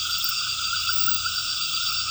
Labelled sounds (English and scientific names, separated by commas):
none